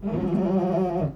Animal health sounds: contact call of a hoofed animal; goat; low-frequency (closed-mouth) or high-frequency (open-mouth) call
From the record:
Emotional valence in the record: negative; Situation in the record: food frustration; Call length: 1.16 s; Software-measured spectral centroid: 830 Hz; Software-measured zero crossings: 690 a second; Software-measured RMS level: -24 dBFS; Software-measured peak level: -13 dBFS

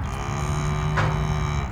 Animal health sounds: contact call of a hoofed animal; cattle; low-frequency (closed-mouth) or high-frequency (open-mouth) call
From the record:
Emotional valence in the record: negative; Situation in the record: full separation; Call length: 1.71 s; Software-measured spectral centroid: 2050 Hz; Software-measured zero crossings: 1320 a second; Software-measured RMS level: -24 dBFS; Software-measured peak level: -10 dBFS

